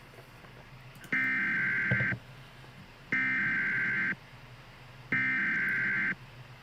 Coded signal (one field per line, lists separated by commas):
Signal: Emergency Alert System (SAME) tones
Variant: header bursts